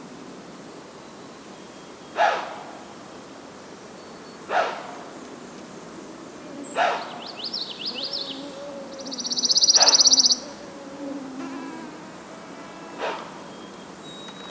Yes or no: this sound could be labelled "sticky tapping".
no